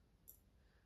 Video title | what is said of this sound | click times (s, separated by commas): RB19 Stages 27-32 : DeAgostini Build Tutorial - Max Verstappen's 2023 Red Bull F1 Racing Car | and then just click it into place gently, | 0.3 s